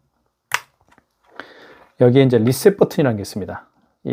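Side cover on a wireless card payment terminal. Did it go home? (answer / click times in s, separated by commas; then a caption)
released / 0.5 s. A small plastic side cover on a Kakao Pay KCP-P4100Q wireless card payment terminal is opened to show the reset button behind it. One sharp hit is heard at 0.5 s as the cover pops open, followed by a few faint ticks and a brief rustle. Someone then talks.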